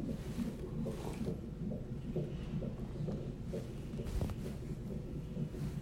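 Fast, regular whooshing pulses at about 135 a minute come through a fetal Doppler monitor on the mother's belly during labour, with louder, irregular swishing mixed in. This is the baby boy's heartbeat, with the swishes from him moving around, a normal finding.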